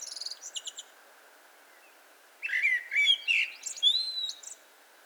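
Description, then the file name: Eurasian blackbird song: a few quick high squeaky notes, a pause, then a warbled phrase of fluted whistles rising into thin, sliding high notes. "Turdus merula"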